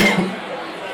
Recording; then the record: coughing mixed with background sound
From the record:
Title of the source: Man Coughing Sound - Wet Cough Sound Effect